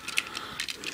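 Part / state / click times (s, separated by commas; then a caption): plastic body part of a transforming robot toy clipping into the torso / seated / 0.2 s. A plastic body part of a Transformers Universe Inferno Voyager Class transforming robot toy is lifted and clips into the torso by itself, with a sharp click at 0.2 s (0.18 s). Lighter plastic ticks and rattles follow, and the part is seated.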